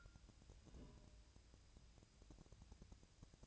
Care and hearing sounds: daily activity, microphone in the room; take from stove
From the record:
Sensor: 2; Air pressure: 999.8 hPa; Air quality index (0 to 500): 124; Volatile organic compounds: 2 ppm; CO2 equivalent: 1066 ppm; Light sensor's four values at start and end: 35/87/38/43 and 35/87/38/43

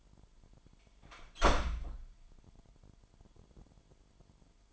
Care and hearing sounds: daily activity, microphone in the room; close door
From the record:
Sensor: 5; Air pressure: 998.4 hPa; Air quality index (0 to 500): 82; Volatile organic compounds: 1 ppm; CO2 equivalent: 940 ppm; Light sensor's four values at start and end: 30/73/30/33 and 30/72/30/33

